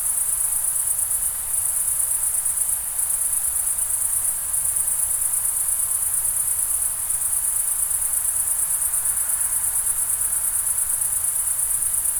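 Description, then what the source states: Crickets keep up a steady shrill trilling chorus with a few short dips, layered over a constant low rushing sound. Summer night ambience in the Pyrenees mountains, France, with crickets and a distant river.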